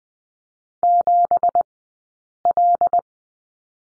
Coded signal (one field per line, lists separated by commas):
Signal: Morse code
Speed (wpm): 20 wpm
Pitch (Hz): 700 Hz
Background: none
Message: 7L